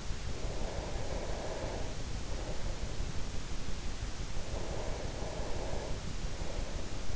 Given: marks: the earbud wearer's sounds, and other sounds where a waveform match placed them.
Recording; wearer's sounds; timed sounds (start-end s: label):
sounds in sleep by an in-ear microphone; breath
0.37-3.19 s: breath
4.46-7.16 s: breath